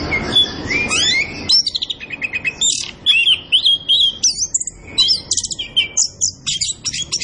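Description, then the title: Orange-headed thrush song opening with a rising warble, then brisk repeated chirps and clear whistled phrases at high pitch. Kept songbird singing gacor (vigorously and continuously), used as masteran to train other birds in Indonesian songbird keeping (kicau mania). "Anis Kembang Gacor. Kicau Mania Masteran Anis Kembang"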